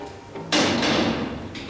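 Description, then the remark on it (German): A drawer is pulled open to take out an old law diploma, with an abrupt, loud sliding rumble that holds steady for about a second, then tapers off with a faint scrape at the end. No one speaks. “Aus irgendeiner Schublade zog ich mein altes Anwaltsdiplom”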